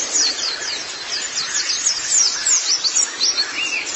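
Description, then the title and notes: White-eye song, a busy high twitter of sharp descending chirps tumbling one after another for the whole stretch. "Kicauan Burung Pleci Durasi Panjang. Suara kicauan burung pleci"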